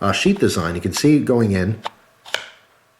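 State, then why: Seated. Someone talks, then a Ka-Bar / Mil-Spec Monkey collaboration fixed-blade knife is pushed into its polymer (non-Kydex) sheath until it retains. It gives only a tiny, quiet snap at 2.3 s instead of the usual loud one. The knife is seated in the sheath.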